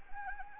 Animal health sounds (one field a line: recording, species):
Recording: mosquito wingbeat signal from an infrared sensor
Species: Anopheles arabiensis